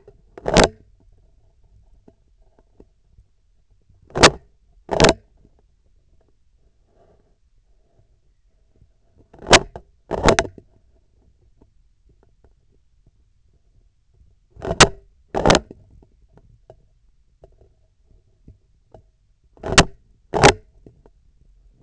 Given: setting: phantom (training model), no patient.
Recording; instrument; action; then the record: laparoscopic instrument, vibration sensor on the handle end; scissors; opening and closing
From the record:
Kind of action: tool actuation without material contact